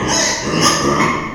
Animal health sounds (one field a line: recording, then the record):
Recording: squeal of a Yucatan mini pig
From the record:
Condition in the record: before surgery on the right vocal fold (resection and tissue-engineered implant)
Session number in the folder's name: 2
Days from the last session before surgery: 0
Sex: male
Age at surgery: 12 weeks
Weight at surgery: 13 kg